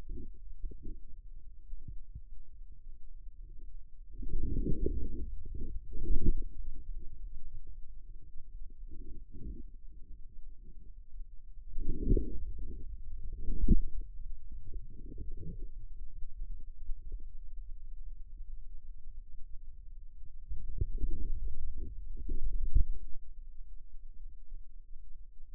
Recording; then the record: forearm muscle sounds (acoustic myography)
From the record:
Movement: outward rotation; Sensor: system 2, bracelet of six BSWA MPA416 microphones around the upper forearm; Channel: 6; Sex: male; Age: 22 years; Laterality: right